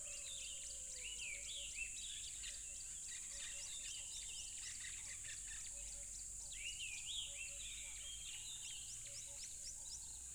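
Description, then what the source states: Crickets keeping up an unbroken high-pitched chirring chorus beneath busy bird chatter of short whistled notes and slurred calls. Crickets recorded at a tropical river.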